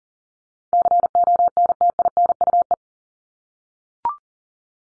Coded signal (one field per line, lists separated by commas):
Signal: Morse code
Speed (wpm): 40 wpm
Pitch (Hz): 700 Hz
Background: none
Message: CONTINUE